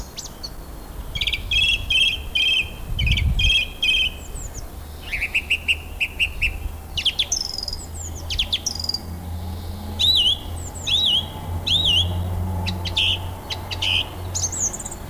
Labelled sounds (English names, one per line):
Song Thrush song